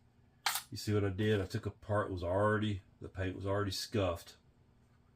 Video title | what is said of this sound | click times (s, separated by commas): Vintage reel repair; D.A.M Quick 220n, I'm keeping this one for the collection! Beautiful reel | think I just heard it pop loose there it goes | 0.5 s